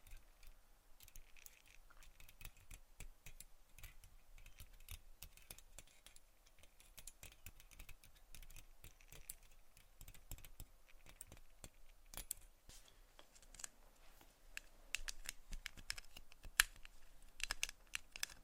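Tapping and scratching sounds, made up of many short, crisp clicks and ticks scattered irregularly across the whole stretch, much like typing on a keyboard. The taps come in quick clusters with brief pauses, growing somewhat louder and sharper in the last few seconds.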